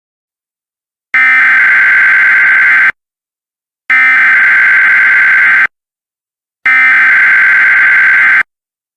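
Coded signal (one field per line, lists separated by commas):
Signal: Emergency Alert System (SAME) tones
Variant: header bursts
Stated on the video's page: Fictional EAS scenario, self-made.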